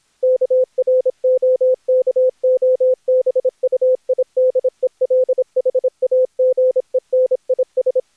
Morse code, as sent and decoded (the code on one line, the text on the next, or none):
-.- .-. --- -.- --- -... ..- .. -.. . .-.. .... .- --. . -. .. ...
KROKOBUIDELHAGENIS